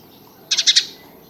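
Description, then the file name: House sparrow call: a single quick run of four bright, scratchy chirps in under half a second, against faint background hiss. "Passer domesticus"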